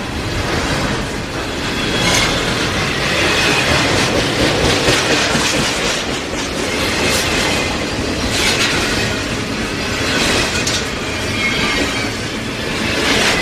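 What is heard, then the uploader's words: A train runs along the tracks with a steady, dense rumble and clatter, brief bright hisses flaring around two, seven and eight seconds. Train On Tracks.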